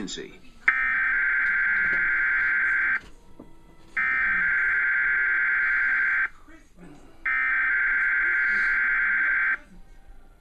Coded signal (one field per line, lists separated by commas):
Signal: Emergency Alert System (SAME) tones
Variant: header bursts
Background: speech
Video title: (EAS#29) TV Required Weekly Test